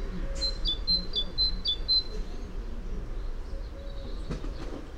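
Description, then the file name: Great tit calls: a quick series of paired high notes for about two seconds, then faint thin notes and a few clicks over low noise. "Parus major"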